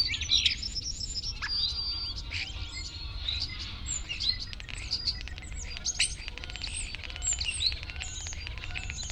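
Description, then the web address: Common starling producing a dense, continuous jumble of high squeaks, clicks, whistles and rattles, with a low hum beneath. "Ocells Cultura Estornino pinto"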